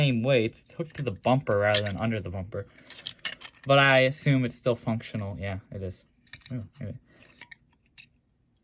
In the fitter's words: this is like a stiffer plastic than the other trailer hitches though i can't get the trailer hitch to look maybe it's not functional